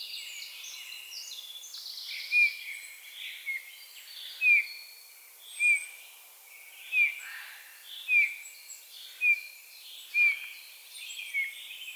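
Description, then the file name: Eurasian bullfinch calls: short, soft, piping whistles that fall in pitch, given about once a second over a busy chorus of other songbirds. "Pyrrhula pyrrhula"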